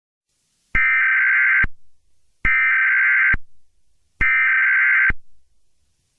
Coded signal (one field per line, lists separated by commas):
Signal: Emergency Alert System (SAME) tones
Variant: header bursts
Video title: EAS Mock: War on the United States